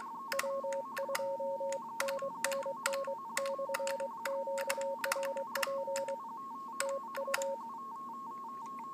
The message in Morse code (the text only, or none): W2NNN /QRP TU